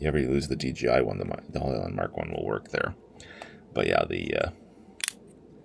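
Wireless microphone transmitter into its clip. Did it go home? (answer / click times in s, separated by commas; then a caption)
yes / 5.0 s, 5.1 s. Someone talks while a wireless microphone transmitter is pressed into its plastic clip. Two quick, sharp clicks are heard at 5.0 s and 5.1 s as it snaps into place. The clip has little click-in spots that hold the microphone more strongly, and the transmitter ends up seated.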